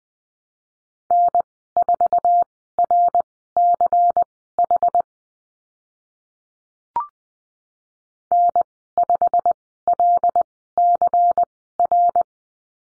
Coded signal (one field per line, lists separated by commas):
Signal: Morse code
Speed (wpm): 20 wpm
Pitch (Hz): 700 Hz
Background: none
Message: N4RCH N5LCR